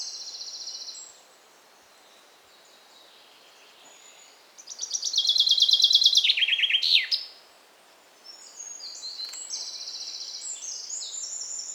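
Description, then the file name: Common chaffinch song: a fast, even trill that steps down in pitch and ends in a bright flourish, with high twittering before and after. "Fringilla coelebs"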